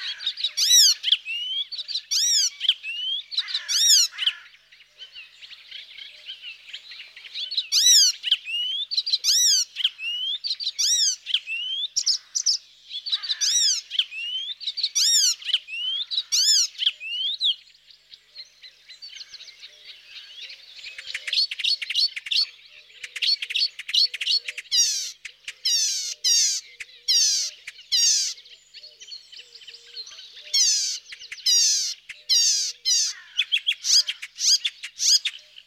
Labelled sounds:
Icterine Warbler (Hippolais icterina) song

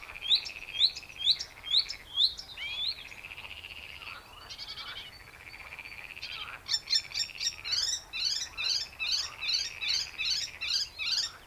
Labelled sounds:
Icterine Warbler (Hippolais icterina)

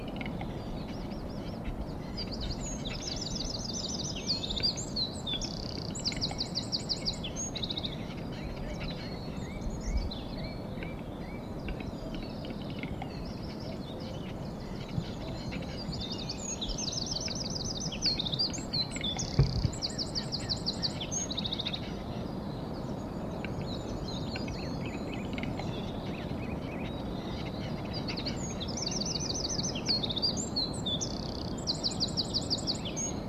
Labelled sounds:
Eurasian Wren (Troglodytes troglodytes)

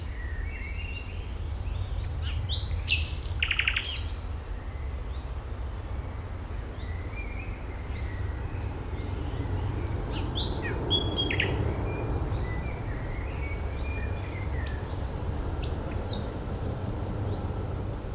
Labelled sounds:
Common Nightingale (Luscinia megarhynchos)

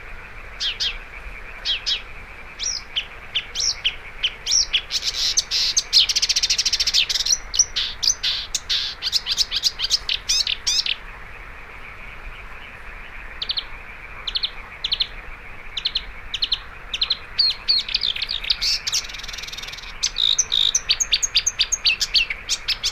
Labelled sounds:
Marsh Warbler (Acrocephalus palustris) song

